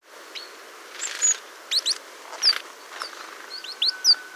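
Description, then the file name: Great tit calling with brief, sharp, high chirps and curved whistled notes in uneven bursts. "Parus major"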